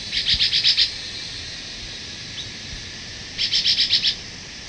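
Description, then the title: Chestnut-bellied euphonia song: a rapid series of about six bright, high chips, then a pause and another similar series, with a broad hiss behind. "LuckyPassaro Completos2Sama. Chestnut-bellied Euphonia (Euphonia pectoralis)"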